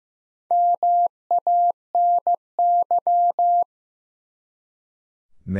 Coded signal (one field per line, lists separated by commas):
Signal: Morse code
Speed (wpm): 15 wpm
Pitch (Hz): 700 Hz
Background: none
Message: MANY